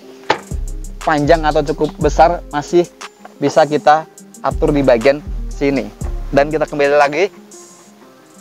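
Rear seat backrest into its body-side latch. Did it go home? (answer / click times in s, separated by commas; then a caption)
no / none. Someone talks while the folded rear seat backrest of a 2011 Hyundai i20 manual hatchback with sunroof is handled to raise it back upright toward its body-side latch, with a few soft knocks heard near the start. The clip ends before the backrest goes home, so nothing has seated or clicked yet.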